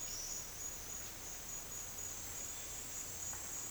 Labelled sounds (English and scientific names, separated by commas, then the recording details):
none
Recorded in dense forest near Puerto Asís, Putumayo, Colombia, on 9 March 2025 at 09:00
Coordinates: 0.481, -76.323
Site G088